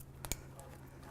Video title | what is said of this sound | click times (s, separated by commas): How to Install Havoc Wrecking Ball Front Bumper on Jeep JK at HavocOffroad.com | Make sure it clicks, and then we'll plug this into the back of our fog light. | 0.3 s